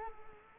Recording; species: mosquito wingbeat signal from an infrared sensor; Culex quinquefasciatus